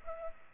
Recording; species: mosquito wingbeat signal from an infrared sensor; Culex pipiens